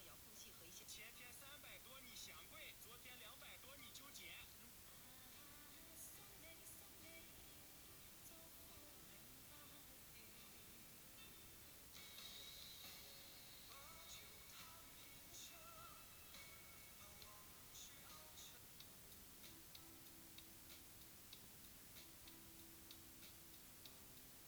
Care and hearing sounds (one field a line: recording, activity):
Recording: daily activity, guitar pickup as the sensor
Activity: browse video